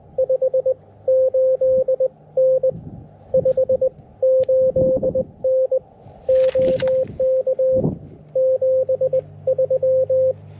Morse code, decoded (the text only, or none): 58N 58N OK 73